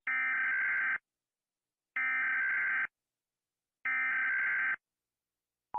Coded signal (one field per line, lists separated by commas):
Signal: Emergency Alert System (SAME) tones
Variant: header bursts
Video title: Planty rating eas alarms part 1